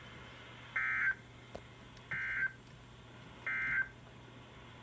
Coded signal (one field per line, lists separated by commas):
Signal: Emergency Alert System (SAME) tones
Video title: Possibly the last video for a while EAS# 317-320 9/16/20 (Read Desc)